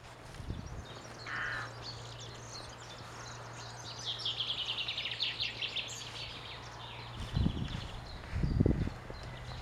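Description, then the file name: Common chaffinch singing: a descending series of quick bright notes over about two seconds, with a steady low hum and a couple of dull thumps near the end. "Fringilla coelebs"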